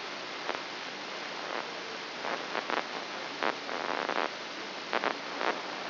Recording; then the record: brain microelectrode recording played as sound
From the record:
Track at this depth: inside the subthalamic nucleus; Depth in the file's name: 6.505 mm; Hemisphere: left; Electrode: 3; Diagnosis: Parkinson's disease